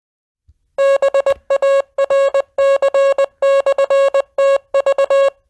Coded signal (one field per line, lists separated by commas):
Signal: Morse code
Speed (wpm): 20 wpm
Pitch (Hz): 550 Hz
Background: music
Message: BARC/TV